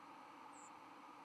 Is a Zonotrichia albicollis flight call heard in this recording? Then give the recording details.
no. Another species' flight call is heard. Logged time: 03:00 on 11 November 2014